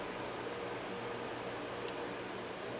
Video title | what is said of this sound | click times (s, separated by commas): V8 Celica #49 - Neutral Start Safety switch 4t65e hd. 🤔Subscriptions are free for an unlimited time | there she goes I just heard a click | 1.9 s